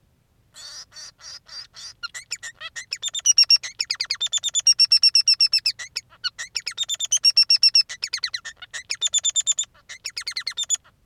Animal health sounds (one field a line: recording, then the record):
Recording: song of a male Bengalese finch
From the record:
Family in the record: son of father 3